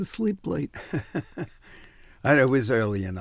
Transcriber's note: soundbite of laughter